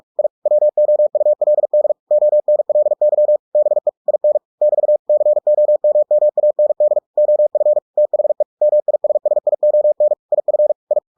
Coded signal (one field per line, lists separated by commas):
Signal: Morse code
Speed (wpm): 46 wpm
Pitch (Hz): 600 Hz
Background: none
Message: I WOULD ONLY BE IN <BT> COMMAND OF THE MISSION IF I